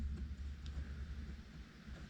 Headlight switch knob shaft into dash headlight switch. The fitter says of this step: see here this one just goes past it didn't catch